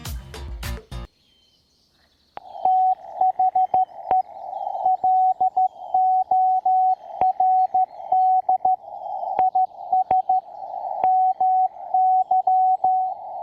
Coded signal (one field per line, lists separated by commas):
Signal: Morse code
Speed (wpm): 13 wpm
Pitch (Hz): 750 Hz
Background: music, radio noise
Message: THE LORD IS MY